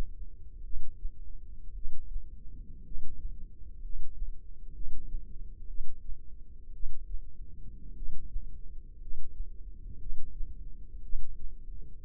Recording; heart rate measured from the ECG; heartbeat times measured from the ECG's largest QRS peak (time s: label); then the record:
heart sounds by microphone in the left ear; 58 bpm
0.62 s: heartbeat
1.73 s: heartbeat
2.82 s: heartbeat
3.80 s: heartbeat
4.71 s: heartbeat
5.66 s: heartbeat
6.71 s: heartbeat
7.93 s: heartbeat
8.98 s: heartbeat
9.97 s: heartbeat
11.00 s: heartbeat
From the record:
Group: healthy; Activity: rest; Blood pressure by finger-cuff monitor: 144/67 mmHg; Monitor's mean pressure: 91 mmHg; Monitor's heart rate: 58 bpm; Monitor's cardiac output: 6 L/min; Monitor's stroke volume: 104 mL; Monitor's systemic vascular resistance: 1060 dyn s/cm5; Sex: male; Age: 25 years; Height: 170 cm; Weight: 70.4 kg